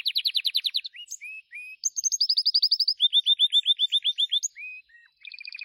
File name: canto do canario gloster